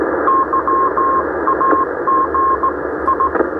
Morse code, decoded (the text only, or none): YAGI